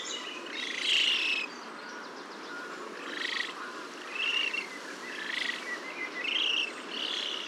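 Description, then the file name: Eurasian spoonbill begging calls: several short wheezing bursts, some with a thin squealing whistle, over steady background noise. Juveniles begging at the nest, family group, Haarlemmerliede, Netherlands, 5 May 2015. "espoonb-FAM-JUV-BC-NEST haarlemmerliede"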